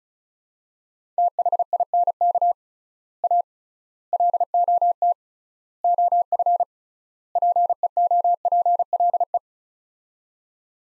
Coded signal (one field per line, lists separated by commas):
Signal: Morse code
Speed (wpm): 36 wpm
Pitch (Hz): 700 Hz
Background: none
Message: THINK A LOT OF PEOPLE